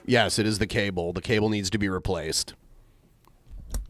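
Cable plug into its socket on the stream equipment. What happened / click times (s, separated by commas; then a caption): A loose cable plug clicked back into its socket / 3.7 s. Someone talks for about 2.5 seconds. After a quiet stretch, a loose cable plug is pushed back into its socket on the stream equipment and clicks sharply at 3.7 seconds. The plug is seated, and the loose cable is fixed.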